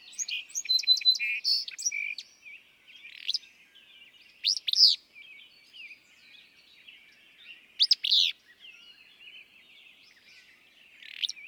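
Willow flycatcher song: burry, explosive phrases repeated several times, after another bird's bright, jumbled warbling at the start.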